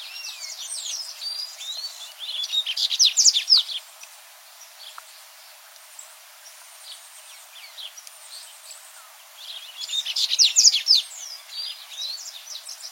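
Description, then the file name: Dubois's seedeater giving two loud bursts of rapid, high-pitched twittering several seconds apart, with quieter scattered chirps in the pauses. "Canto do Papa capim de costas cinzas"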